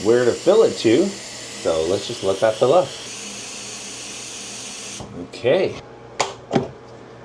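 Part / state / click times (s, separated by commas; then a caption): water tank lid on the tank of a robot vacuum base station / seated / 6.2 s, 6.6 s. Someone talks while the clean water tank of an ECOVACS T50 MAX PRO OMNI robot vacuum docking station fills, with a steady broadband rush of running water until about 5.0 s. The tank's plastic lid is then closed and snaps shut with clicks at 6.2 s and 6.6 s, seating the lid.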